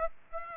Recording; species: mosquito wingbeat signal from an infrared sensor; Aedes aegypti